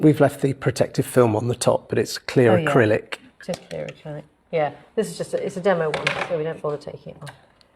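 A clear acrylic ruler base for ruler work, a firm demo unit with its protective film still on top, is being handled and fitted onto the bed of a longarm quilting machine, where it is designed to lock in place. Someone talks throughout while the base is handled, with a faint short tick near 7.6 seconds. Nothing has seated or clicked yet.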